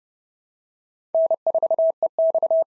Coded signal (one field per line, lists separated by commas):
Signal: Morse code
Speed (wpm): 31 wpm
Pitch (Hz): 650 Hz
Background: none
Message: N4EX